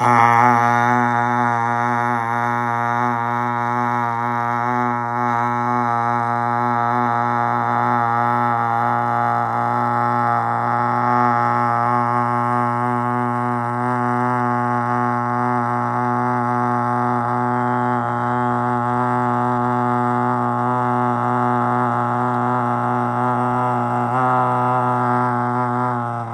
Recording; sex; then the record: sustained vowel /a/; male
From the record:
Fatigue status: no fatigue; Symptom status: asymptomatic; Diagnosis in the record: COVID-19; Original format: m4a